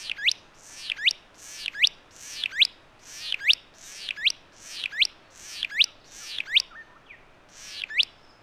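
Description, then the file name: Satin flycatcher giving a long run of rasping, sweeping paired notes at a steady pace, then a brief pause and one more. "Myiagra Cyanoleuca"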